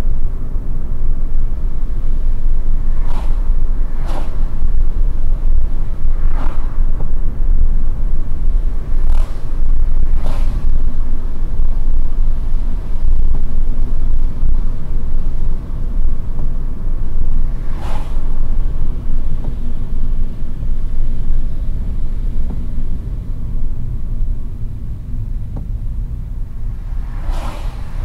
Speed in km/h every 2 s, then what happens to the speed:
66, 67, 69, 67, 66, 63, 58, 56, 55, 51, 45, 35, 28, 28.
0-5 steady at about 67. 5-24 slows to 28.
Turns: none.